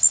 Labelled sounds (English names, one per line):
Blackpoll Warbler flight call